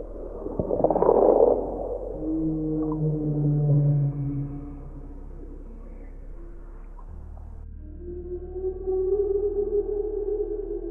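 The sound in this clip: Whale vocalizations: a loud burst at the start, then long, steady, low tonal moans, some falling slightly, with a higher drawn-out wail near the end.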